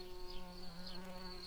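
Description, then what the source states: Tree bumblebee buzzing, a steady low droning hum with an even pitch throughout, continuous for the whole stretch. Workers.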